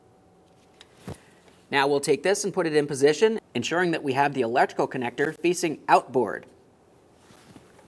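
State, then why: Not seated. A front parking sensor on a 2017-2024 GMC Acadia is held in position against the bumper cover bracket with its electrical connector facing outboard, just before being pressed in. Someone talks over low background hiss, with a brief soft tap near 0.8 s. Nothing has seated or clicked yet.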